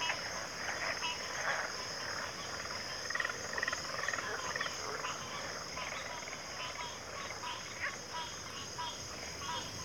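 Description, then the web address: Steady high-pitched cricket trill running throughout, with softer, blurred croaking and pulsed calls mixed in. Chorus of crickets at a backwater. "Sleep Sounds of Nature CRICKETS 03 Backwater Chorus"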